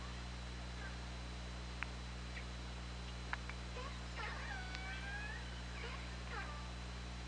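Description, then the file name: Orca calls, sharp clicks early, then a long, gently falling harmonic whistle-like call around four to five seconds and shorter calls after, over steady hum. OrcaLab hydrophone recording, 24 August 2017, 20:21:32. "Orca Lab 20170824 202132"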